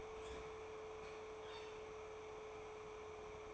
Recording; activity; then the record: daily activity, microphone in the room; open fridge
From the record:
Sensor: 1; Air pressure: 1004.6 hPa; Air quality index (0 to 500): 193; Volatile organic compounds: 16 ppm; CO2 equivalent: 2557 ppm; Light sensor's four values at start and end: 4/10/4/4 and 4/10/4/4